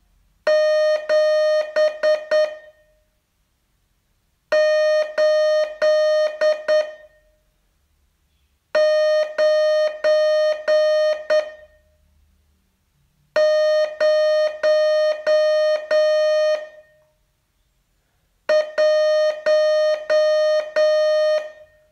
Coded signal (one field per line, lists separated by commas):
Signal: Morse code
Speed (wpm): 9 wpm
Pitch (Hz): 610 Hz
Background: none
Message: 7 8 9 0 1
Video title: Learn Morse in 42 Days from VU2LAU - day 37